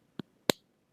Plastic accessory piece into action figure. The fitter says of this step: so here's her fantastic four gimmick thing that just snaps right in actually a nice nice listen to that snap